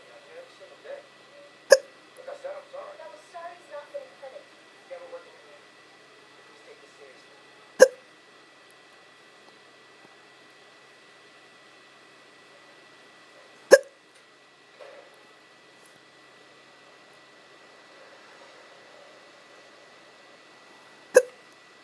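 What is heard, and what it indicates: An adult hiccuping: four sharp, abrupt hiccup sounds, each a sudden gulping click, at about 1.8, 7.9, 13.8 and 21.2 seconds, roughly one every six seconds. Soft murmured speech is heard between the early hiccups, with a steady faint electrical hum in the background.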